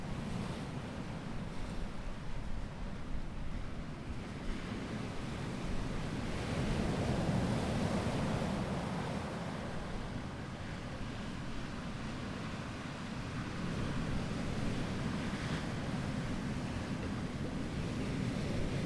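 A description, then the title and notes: Wind gusts and surf roll across a beach in a dense, continuous roar that swells around the middle and again near the end. Low buffeting from wind striking the microphone runs throughout, with a steady wash of breaking waves underneath. Windy beach walk. It's autumn and the afternoon sun is low in the sky.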